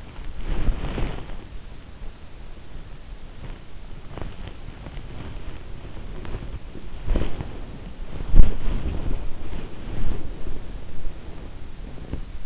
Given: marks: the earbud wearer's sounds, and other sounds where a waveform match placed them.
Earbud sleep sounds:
sounds in sleep by an in-ear microphone; body movement
0.00-2.07 s: body movement
4.42-12.46 s: body movement

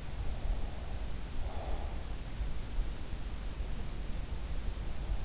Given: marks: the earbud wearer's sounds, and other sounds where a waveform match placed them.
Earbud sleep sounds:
sounds in sleep by an in-ear microphone; breath
0.38-2.18 s: breath

